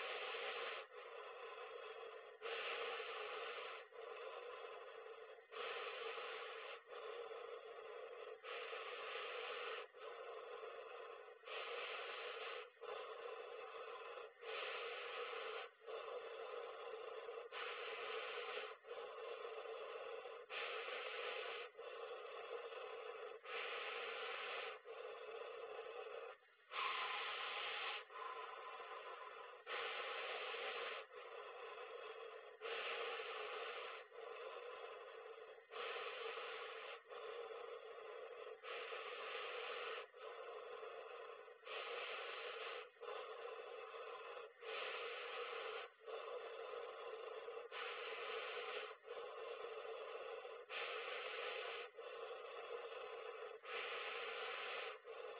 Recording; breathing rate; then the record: paced breathing near a phone; 20 breaths a minute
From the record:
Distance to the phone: 40 cm